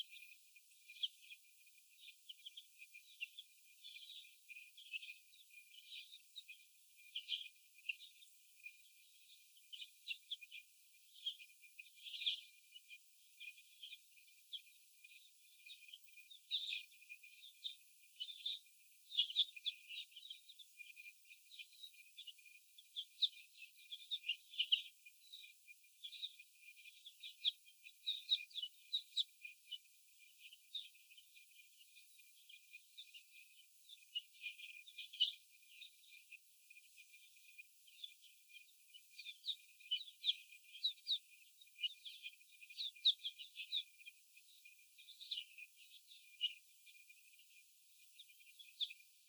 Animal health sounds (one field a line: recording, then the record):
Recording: young laying hens in a cage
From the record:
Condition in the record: before the stressor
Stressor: sudden umbrella opening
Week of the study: 2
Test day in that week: 1